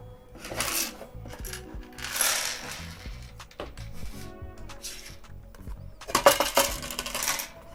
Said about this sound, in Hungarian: Na, onnan látszik, hogy most már tényleg a legvégén vagyunk az építésnek, hogy most már kiboríthattam minden egyes megmaradt alkatrészt az asztalra.